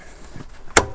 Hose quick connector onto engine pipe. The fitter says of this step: ça fait clic on le sent bien et là on peut verrouiller déverrouiller